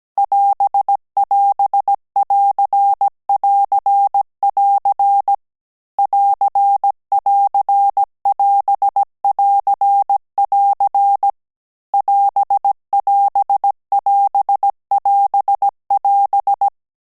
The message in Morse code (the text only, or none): <AS><AS><AR><AR><AR> <AR><AR><AS><AR><AR> <AS><AS><AS><AS><AS>